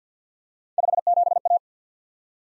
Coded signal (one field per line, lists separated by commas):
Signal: Morse code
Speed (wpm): 50 wpm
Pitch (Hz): 700 Hz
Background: none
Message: 57A